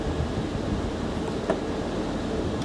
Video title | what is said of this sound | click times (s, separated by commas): Brake Pedal on the FLOOR! (No Parts Repair) | forward on two clicks it moves a little bit let's give it another click | 1.5 s